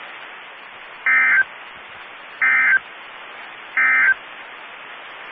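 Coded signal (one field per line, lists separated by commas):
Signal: Emergency Alert System (SAME) tones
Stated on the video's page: Weather radio station in Amarillo, Texas, alerting for severe storms in the Texas Panhandle.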